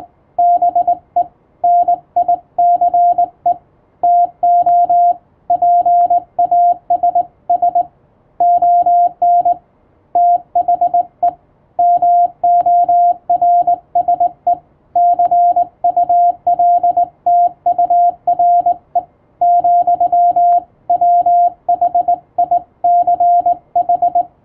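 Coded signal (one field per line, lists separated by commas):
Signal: Morse code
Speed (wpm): 21 wpm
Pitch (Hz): 700 Hz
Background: radio noise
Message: BE NICE TO PASS ON THE MORSE CULTURE, WHICH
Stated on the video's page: Morse code sent with a telegraph key by a first-class radiotelegraph operator, as a thank-you message.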